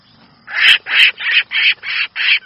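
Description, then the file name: Red-whiskered bulbul distress call: harsh, rasping bursts in quick succession, loud and steady after a short quiet start. Distress call, a bird calling for help. "Tieng chao mao keu cuu"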